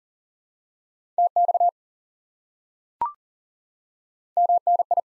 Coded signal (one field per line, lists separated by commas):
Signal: Morse code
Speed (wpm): 40 wpm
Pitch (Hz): 700 Hz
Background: none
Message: TX MNI